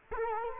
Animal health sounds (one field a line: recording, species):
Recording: mosquito wingbeat signal from an infrared sensor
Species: Culex quinquefasciatus